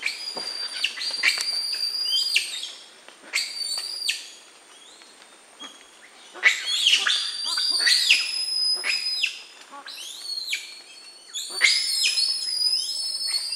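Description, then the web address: White-nosed bearded saki calling with shrill whistles, sharp rising and falling notes and held tones in irregular bursts separated by brief quieter pauses. Primate of the South American rainforest. "Natures Songs S America Primates of the Rainforest White-nosed bearded saki monkey"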